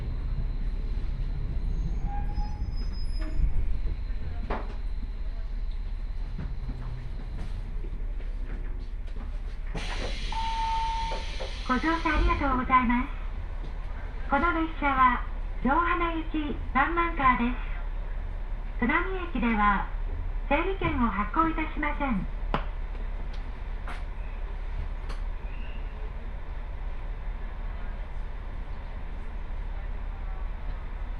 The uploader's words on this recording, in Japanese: 耳で楽しむ鉄道旅 城端線 油田→城端。城端線の終点城端駅は山がすぐ近くまで迫ってきており、その先には五箇山が控えているいわゆる行き止まりらしさが残る駅です。途中の砺波駅あたりまでは地元民の乗り降りが多く、そこから先は秋の乗り放題切符を持った人たちばかりと思われます。昔ながらの塗装の気動車が2両のんびりと走っていきます。